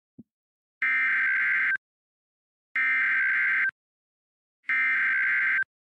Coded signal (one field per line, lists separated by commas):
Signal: Emergency Alert System (SAME) tones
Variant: header bursts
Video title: DID YOU LOVE ME? - An EAS Scenario